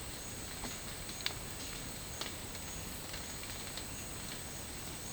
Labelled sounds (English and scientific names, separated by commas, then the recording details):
none
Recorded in secondary vegetation near Puerto Asís, Putumayo, Colombia, on 21 March 2025 at 13:30
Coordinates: 0.502, -76.326
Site G100